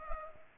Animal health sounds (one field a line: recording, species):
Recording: mosquito wingbeat signal from an infrared sensor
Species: Culex pipiens